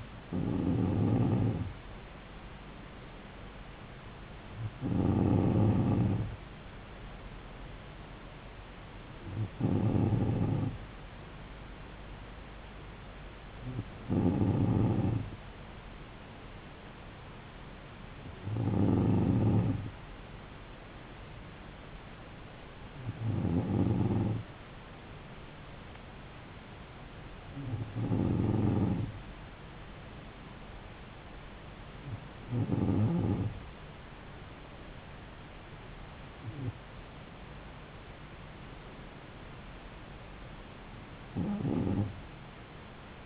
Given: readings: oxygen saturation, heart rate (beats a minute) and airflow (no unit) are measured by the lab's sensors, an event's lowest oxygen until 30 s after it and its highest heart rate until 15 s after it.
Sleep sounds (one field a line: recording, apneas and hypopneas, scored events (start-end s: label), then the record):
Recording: breathing in sleep by a voice recorder at the bedside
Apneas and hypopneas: none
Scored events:
none scored
From the record:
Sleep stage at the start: N2 (light sleep)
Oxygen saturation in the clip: 94%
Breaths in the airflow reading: 10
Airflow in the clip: -3.4 to 3.4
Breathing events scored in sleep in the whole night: 270 in 6.1 hours asleep